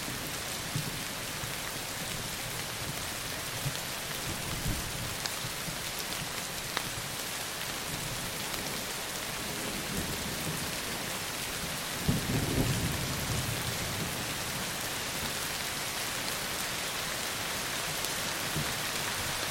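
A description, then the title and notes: Heavy rain falls in a dense, steady hiss across the whole stretch, with scattered louder drops and taps. Around the twelve-second mark a low, soft rumble swells briefly, like thunder, before the downpour carries on unchanged. Heavy Thunder & Rain Sounds. Heavy rain and thunder sounds.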